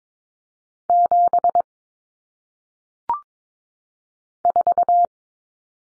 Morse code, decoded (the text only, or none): 7 4